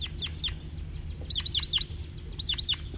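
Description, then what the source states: Crossbill calls: loud, sharp, down-slurred chip notes in quick groups of three to five, repeated a few times, over a low rumbling background. Flock of about ten wild crossbills arriving in a clearing off a road while a decoy bird set to one side calls loudly toward them.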